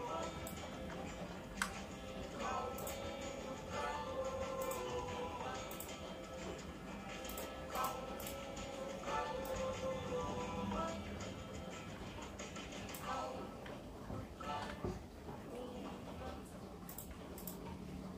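Soft background music plays under light drizzle while sharp keyboard taps click sporadically and steadily, with a low rumble underneath throughout.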